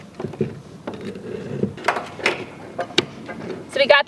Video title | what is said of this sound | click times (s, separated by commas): How To Build an IBC Tote Pig Water Drinker - Parts Detail | and you just slide it on and then close these back on and that's what locks it in place | 2.3 s, 3.0 s